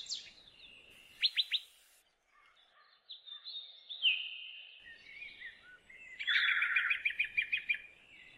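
Birds singing: bright whistles, a fast series of sharp downward notes, a sustained thin whistle, and a closing burst of buzzy, rhythmic trilling.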